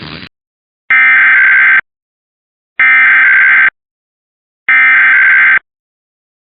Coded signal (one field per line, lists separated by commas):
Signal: Emergency Alert System (SAME) tones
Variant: header bursts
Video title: Nebraska, Missouri and Georgia Tests (EAS #336-349) 4/16/24